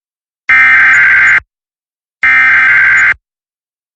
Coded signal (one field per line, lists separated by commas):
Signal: Emergency Alert System (SAME) tones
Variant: header bursts